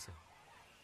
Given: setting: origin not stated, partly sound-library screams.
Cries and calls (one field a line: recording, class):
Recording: one-second piece from a danger detection set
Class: normal situation